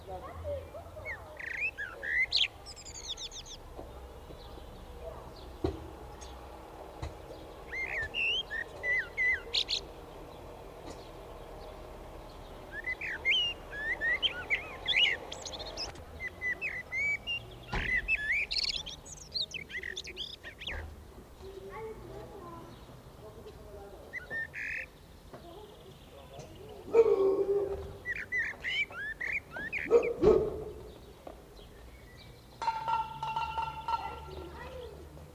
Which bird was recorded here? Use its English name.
Common Blackbird